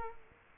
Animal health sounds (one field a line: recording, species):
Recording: mosquito wingbeat signal from an infrared sensor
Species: Culex quinquefasciatus